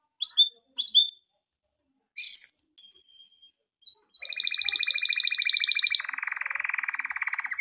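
Canary with a few scattered short chirps at first, then a sustained fast trill from about four seconds, dropping into a lower, buzzier roll near the end.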